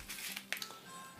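A fixed-blade knife slides into its molded plastic sheath, a flattened tube with a drain hole in the bottom, with a soft scraping sound. A sharp click at 0.5 s marks the knife snapping home, with smaller ticks around it and quiet background noise. The knife is seated in the sheath.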